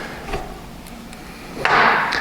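A steel retaining clip on a Revolution Gear & Axle front axle shaft is worked into its groove, with a few faint metallic ticks around 0.9 and 1.1 seconds. A sharp, loud click comes at 1.7 seconds, followed by a short burst of bright scraping noise. The clip is seated in the groove.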